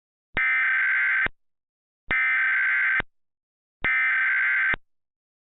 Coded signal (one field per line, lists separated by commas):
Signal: Emergency Alert System (SAME) tones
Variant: header bursts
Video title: 2011 National EAS Test Reenactment (2)